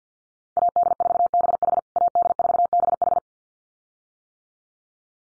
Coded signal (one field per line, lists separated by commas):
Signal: Morse code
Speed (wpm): 50 wpm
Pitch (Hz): 700 Hz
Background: none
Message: AD4BH AD4BH